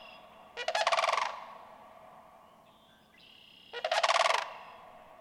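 Sandhill crane calling twice with rich, rolling, trilled trumpet notes about three seconds apart over a faint background of bird chirps.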